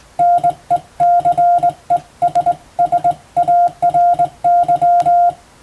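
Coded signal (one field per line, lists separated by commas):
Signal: Morse code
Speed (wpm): 21 wpm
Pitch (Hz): 700 Hz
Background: none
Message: NECESSARY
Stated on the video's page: Morse code practice for a Japanese radiotelegraph exam, recorded on the air via amateur radio.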